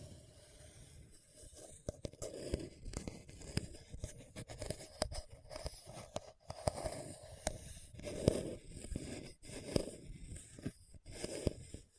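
Scratching on a hard, bumpy surface, with rough scraping strokes that swell and fade every second or two. Sharp clicks and knocks break through frequently, and a low rumble sits underneath throughout the twelve seconds.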